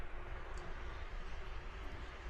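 A new oil filter cartridge for a Polaris Slingshot is held in position on top of its filter housing, lined up before being pushed on. Only a steady broadband hiss with a low rumble is heard, with no sharp sounds. Nothing has seated or clicked yet.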